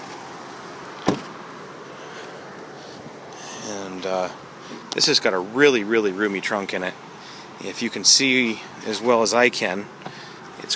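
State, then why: Released. Someone presses the small power trunk release push button on the rear of a 2014 Nissan Sentra 4-door sedan CVT S, and the trunk lid latch pops open with a sharp pop at 1.1 s. Someone then talks over a low steady background hum.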